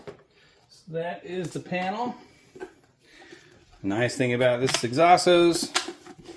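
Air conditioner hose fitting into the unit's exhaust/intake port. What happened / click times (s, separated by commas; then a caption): The hose fitting is handled but has not yet snapped into place / none. The exhaust or intake hose fitting of a Garvee High Capacity Inverter Portable Air Conditioner with Heat Pump (14,000 BTU, dual hose) is handled near the unit's port while someone talks, with a faint tick at 0.1 s. Nothing has seated or clicked yet.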